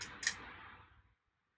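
A plastic arm is fitted onto the body of a robot rover kit and snaps into place with a short, bright plastic click at 0.3 s, seating firmly. Someone talks briefly as it seats, and the sound fades out by about 1.1 s.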